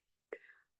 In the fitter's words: These will you just slide in and it'll click in place.